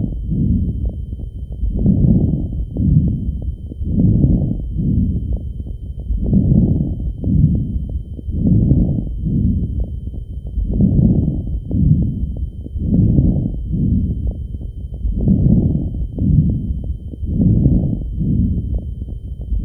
Crackles Med to fine.